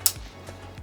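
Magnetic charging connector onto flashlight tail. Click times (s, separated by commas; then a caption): 0.1 s. A magnetic charging connector is brought near the tail of an Olight Arkfeld Pro (Copper Bones) limited edition flat flashlight and pulls itself onto the metal charging contact. It seats with one sharp, bright snap at 0.1 s, and a faint tick follows near 0.8 s. No one talks.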